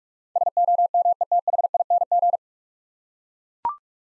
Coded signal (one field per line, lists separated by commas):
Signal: Morse code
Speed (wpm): 44 wpm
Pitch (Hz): 700 Hz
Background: none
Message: SOMETHING